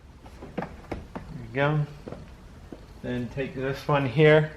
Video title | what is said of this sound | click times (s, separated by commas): How to Install the 2012-2017 Toyota Camry XV50 Door Panel | this one just snaps in there | 0.9 s, 1.2 s